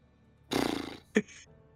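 A horse whinnies in a loud, breathy, quavering burst lasting about half a second, followed by a short sharp snort-like blast, with no talking.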